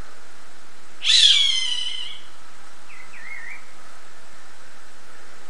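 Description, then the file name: Roadside hawk giving a single harsh, nasal scream that slurs downward and trails off over about a second, followed by a faint wavering whistled note against steady background hiss. "Gavião-Carijó"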